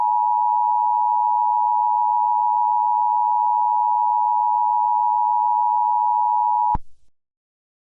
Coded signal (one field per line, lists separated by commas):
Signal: Emergency Alert System (SAME) tones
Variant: 853 and 960 Hz attention tone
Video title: EAS Test: National Information Center Statement for Eastern United States